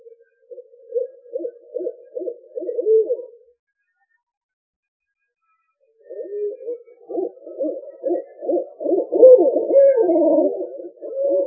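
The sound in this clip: Owl hooting in low, pulsed trills: a quavering run of notes lasting about three seconds, a pause, then a longer, louder bubbling series that builds toward the end.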